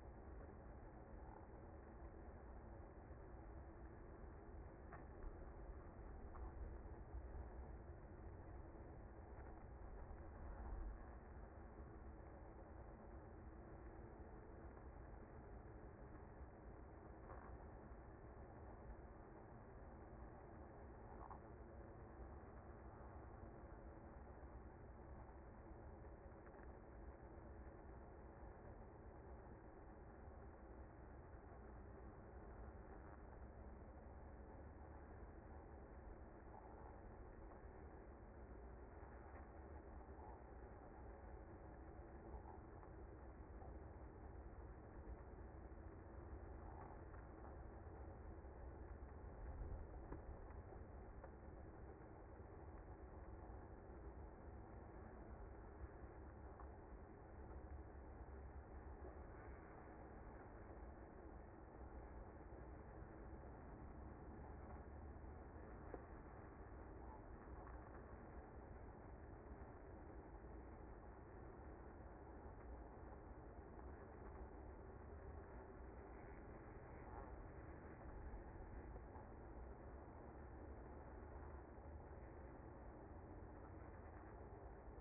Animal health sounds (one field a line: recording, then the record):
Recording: honeybee colony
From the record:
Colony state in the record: active